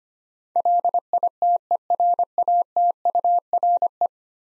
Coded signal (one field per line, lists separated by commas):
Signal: Morse code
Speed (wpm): 25 wpm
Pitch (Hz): 700 Hz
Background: none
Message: LITERATURE